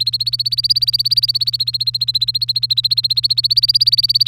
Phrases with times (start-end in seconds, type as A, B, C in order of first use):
0.00-4.27 A